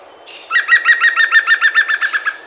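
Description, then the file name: European green woodpecker call, a rapid laughing series of about twelve loud notes, preceded by a brief faint note. "picus viridis"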